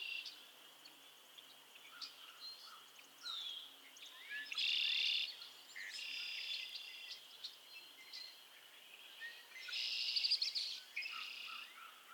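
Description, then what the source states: Several frogs calling together: loud buzzing trills rise out of a continuous chorus, with scattered chirps and short notes between them. Chorus of frogs calling to one another on a summer evening at Miners Marsh, Annapolis Valley, Nova Scotia.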